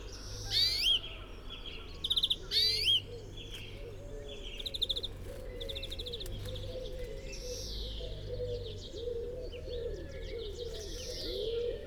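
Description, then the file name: European greenfinch song: a few loud twittering bursts early on, then fainter buzzy trills over a low, steady warbling chorus. "Chloris chloris"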